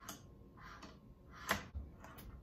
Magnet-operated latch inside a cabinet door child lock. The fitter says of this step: take your handy dandy magnet put it over the top of the lock and you'll know you're in the right place when you hear it click